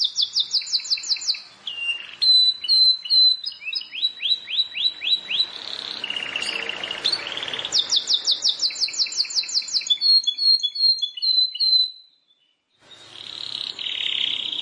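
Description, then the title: Plain prinia song of quick high repeated ticking notes in fast runs, with harsh buzzy wheezes between phrases and a brief silence near the end. "Ciblek Sawah"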